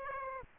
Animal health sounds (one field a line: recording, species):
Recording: mosquito wingbeat signal from an infrared sensor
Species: Aedes aegypti